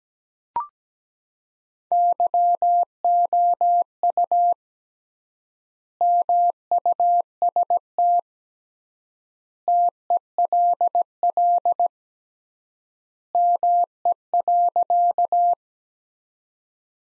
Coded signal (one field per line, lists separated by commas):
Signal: Morse code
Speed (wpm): 17 wpm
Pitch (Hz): 700 Hz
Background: none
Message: YOU MUST TELL ME.